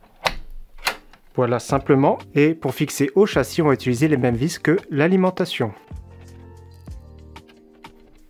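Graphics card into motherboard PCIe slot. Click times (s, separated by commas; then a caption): 0.3 s. A graphics card is aligned to the motherboard's PCIe x16 slot and pushed fully in until the slot latch clicks, giving a sharp click at 0.3 s. The card is seated. Someone talks, then a few faint clicks follow near the end.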